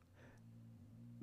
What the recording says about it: That's my dog snoring. That's Ben Affleck snoring. 2 yards away. He's down there around the corner there.